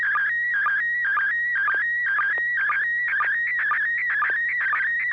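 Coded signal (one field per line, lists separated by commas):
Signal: SSTV (slow-scan television)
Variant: PD120 mode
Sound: warbling tone sweeping between pitches, with short low sync chirps about twice a second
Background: low steady hum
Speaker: I do have a picture ready to send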